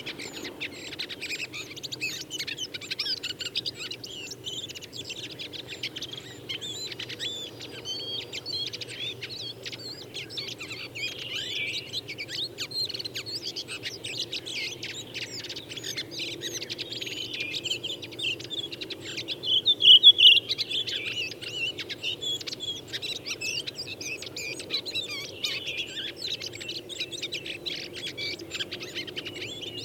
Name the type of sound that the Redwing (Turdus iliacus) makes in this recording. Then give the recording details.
song. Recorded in the wild. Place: Gingst, Insel Rügen, Mecklenburg-Vorpommern, DE. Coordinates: 54.456, 13.311. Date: 1978-04-19. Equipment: Nagra III BH, Sennheiser MD 21, parabola. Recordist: Schubert, Michael. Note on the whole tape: Gesang von zwei Rotdrosseln, sehr dicht